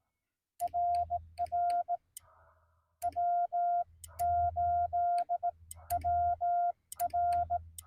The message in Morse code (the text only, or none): RR W8WR